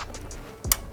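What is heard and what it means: In the engine bay of a rear-engine Porsche 992 Turbo S, an intercooler hose clip-on coupling is pushed on by hand onto its fitting. A soft low thump at about 0.6 s is followed by a single sharp, loud snap at 0.7 s. The clip seats, and the connection is confirmed.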